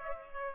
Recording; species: mosquito wingbeat signal from an infrared sensor; Culex pipiens